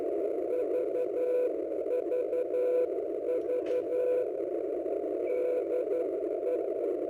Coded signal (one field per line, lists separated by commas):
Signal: Morse code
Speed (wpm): 11 wpm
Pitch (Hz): 500 Hz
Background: radio noise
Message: VVV DE